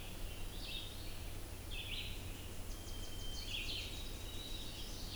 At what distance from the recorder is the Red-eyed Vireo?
about 45 m